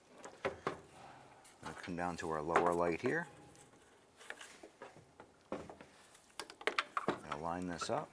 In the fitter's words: take that connector line that up press it on and you hear a click now